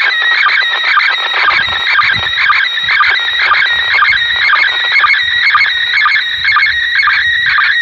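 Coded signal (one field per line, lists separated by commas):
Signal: SSTV (slow-scan television)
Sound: warbling, chirping tones sweeping mid pitch, with a short low beep about twice a second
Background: radio static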